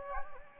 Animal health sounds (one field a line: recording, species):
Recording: mosquito wingbeat signal from an infrared sensor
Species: Anopheles gambiae